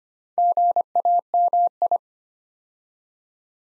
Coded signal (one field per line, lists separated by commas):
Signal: Morse code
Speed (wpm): 25 wpm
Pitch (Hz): 700 Hz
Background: none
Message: GAMI